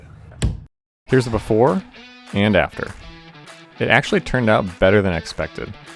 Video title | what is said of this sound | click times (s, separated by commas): Making an Existing Door Hidden: DIY | And that click sounds Pretty good. | 0.4 s